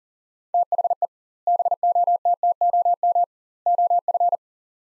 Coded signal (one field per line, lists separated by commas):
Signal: Morse code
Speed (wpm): 40 wpm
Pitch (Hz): 700 Hz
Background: none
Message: THE BOTTOM OF